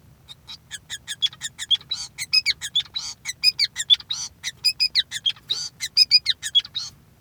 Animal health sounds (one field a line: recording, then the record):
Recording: song of a male Bengalese finch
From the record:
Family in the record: son of father 5